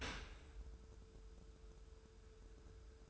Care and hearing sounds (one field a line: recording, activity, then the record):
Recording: daily activity, microphone in the room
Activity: open dishwasher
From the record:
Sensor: 2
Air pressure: 1014.8 hPa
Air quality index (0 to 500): 24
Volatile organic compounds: 0 ppm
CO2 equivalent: 499 ppm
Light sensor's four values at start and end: 10/22/9/9 and 10/22/9/9